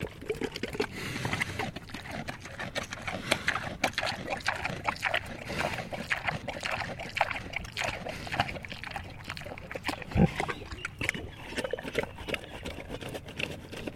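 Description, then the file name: Pig eating, continuous wet chewing, slurping and smacking noises with irregular crunchy bursts throughout. Landrace breed pig eating peaches. "ANIMAL PIG LANDRACE PEACHES EATING SEQUENCE"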